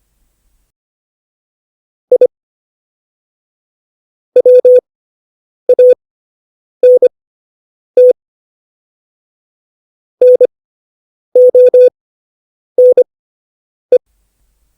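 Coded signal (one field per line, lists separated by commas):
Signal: Morse code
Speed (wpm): 25 wpm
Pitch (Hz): 500 Hz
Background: none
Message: I WANT NONE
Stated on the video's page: Morse lesson teaching letters E, O, A and I.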